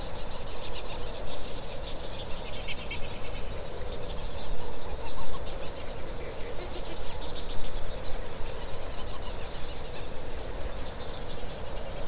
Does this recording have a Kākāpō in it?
no